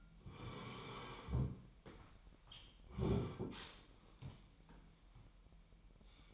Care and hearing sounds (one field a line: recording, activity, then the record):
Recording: daily activity, microphone in the room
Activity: sit down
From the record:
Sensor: 1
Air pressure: 998.6 hPa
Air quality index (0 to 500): 119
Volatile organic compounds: 3 ppm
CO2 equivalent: 1418 ppm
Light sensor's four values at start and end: 7/18/7/8 and 8/18/7/9